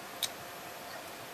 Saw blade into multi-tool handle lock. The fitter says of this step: it locks into place so you have this really nice aggressive saw blade I actually use this in my backyard to cut some branches